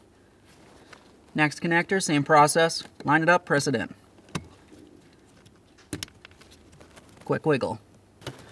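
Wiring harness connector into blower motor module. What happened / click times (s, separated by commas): The harness connector clicked into place / 6.0 s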